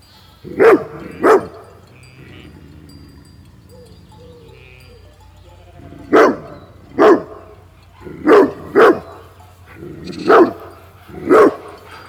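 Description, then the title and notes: Dog barking in loud single barks, several spread throughout, some in close pairs, with quiet background between. Patou, a watchdog always guarding a herd of Scottish Blackface sheep; Raymond Island, Paillet, France; wet soundwalk; binaural, Zoom H4n with Soundman OKM II and Rode NT4. "Paillet, France - RAYMOND ISLAND_WET_SOUNDWALK_PATOU_SHEEP_2_BINAURAL. Herd of"Scotish black face" with "Patou" the watchdog, always there ! // Un troupeau de "Scotish black face" toujours gardé par Patou !"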